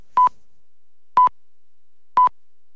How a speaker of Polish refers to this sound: My polecamy niezawodny sygnał czasu z Głównego Urzędu Miar nadawany przez Polskie Radio.